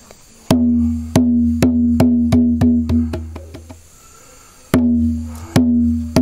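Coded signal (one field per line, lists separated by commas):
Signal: drum signal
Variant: garamut rhythms on kundu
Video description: Various rhythms were used to convey specific messages. Since there is currently no garamut drum in the speaker's village, the speaker instead uses a (much smaller) kundu drum to demonstrate the different rhythms.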